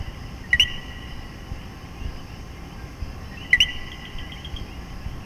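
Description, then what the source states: Common coquí producing two separate two-note 'co-quí' calls about three seconds apart, each ending in a brief upward sweep, over low steady noise. Puerto Rico.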